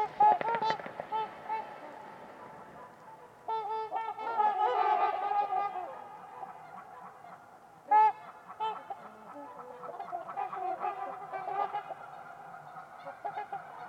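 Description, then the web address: Trumpeter swans honking loudly and repeatedly, overlapping nasal trumpet notes from several birds in bursts throughout, with a sharp honk around the middle. Trumpeter swans at Winters Lake on a winter's eve in a deep, quiet valley. "Trumpeter Swans on a Winter's Eve. Winters-Lake-with-Swan. Wind Is the Original Radio"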